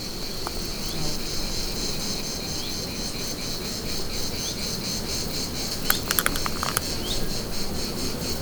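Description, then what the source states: Cicadas buzzing steadily in fast, rhythmic pulses, joined briefly by a few sharp clicks partway through. Cicadas at 1600 m altitude in the Pyrenees, seen as a symbol of serious climate disruption, with garrigue vegetation reaching deep into the Pyrenees.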